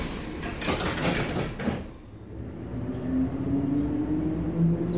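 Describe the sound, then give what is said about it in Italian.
Subway train doors slide shut with a loud, hissing whoosh and clunk, then the carriage settles into a steady low rumble as a motor whine slowly rises in pitch. “le porte si chiudono, io dentro e lui fuori.”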